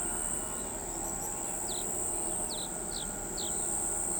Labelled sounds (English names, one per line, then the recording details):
Brown-chested Martin
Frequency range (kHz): Brown-chested Martin 2.4-6.7 kHz
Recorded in pastures near Pivijay, Magdalena, Colombia, on 18 April 2023 at 05:30
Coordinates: 10.456, -74.369
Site P6-G026